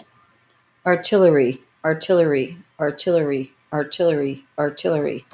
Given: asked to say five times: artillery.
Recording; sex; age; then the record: repeated word; female; 30 to 39 years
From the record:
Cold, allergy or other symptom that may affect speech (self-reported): no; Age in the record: 39 years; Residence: California, United States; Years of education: 16